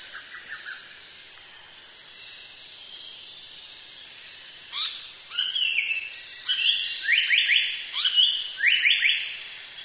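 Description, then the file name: Japanese paradise flycatcher song: faint whistled notes early, then a louder run of rapid sweeping phrases repeated in the second half. "sankocho"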